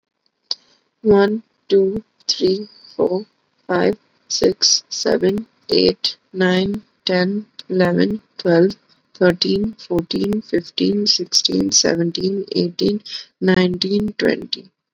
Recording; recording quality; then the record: counting at a normal pace; excellent, no background noise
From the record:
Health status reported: respiratory illness, not identified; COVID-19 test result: not tested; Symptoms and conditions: sore throat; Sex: female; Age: 28 years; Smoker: not ticked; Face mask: not worn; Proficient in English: yes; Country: India